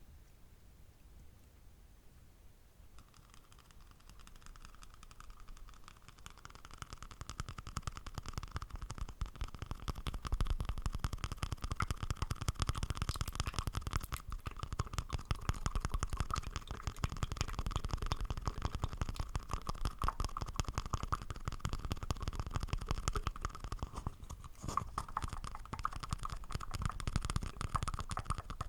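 Slime being squeezed and worked, starting quiet for the first few seconds, then building into a dense, continuous run of wet crackles and small pops. From about seven seconds on the sticky crunching stays busy and fairly even, with a brief dip near twenty-five seconds.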